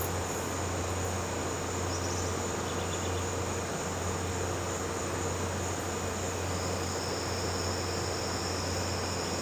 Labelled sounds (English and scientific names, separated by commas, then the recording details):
none
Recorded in pastures near Puerto Asís, Putumayo, Colombia, on 12 March 2025 at 14:30
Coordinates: 0.466, -76.322
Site CSA-02